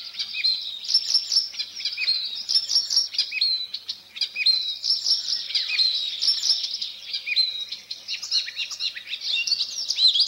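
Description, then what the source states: Icterine warbler song, a rapid, varied stream of sharp whistles, chirps and buzzy notes running without pause through the whole stretch. Song made entirely of borrowed fragments; its own characteristic sound is a nasal 'pey'.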